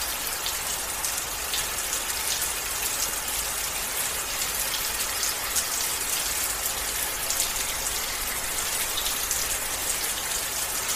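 A gentle spring shower falls steadily, a dense, even patter that stays bright and hissy throughout. Countless fine drops blend into a continuous wash, with slightly sharper individual taps flickering through now and then, and a faint low rumble underneath.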